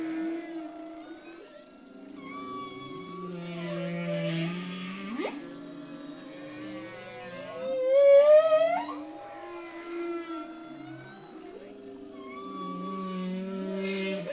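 Humpback whale singing, a sequence of low drawn-out moans, rising sweeps and a loud upward whoop midway, with higher wavering notes above.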